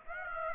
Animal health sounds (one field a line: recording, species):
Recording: mosquito wingbeat signal from an infrared sensor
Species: Aedes aegypti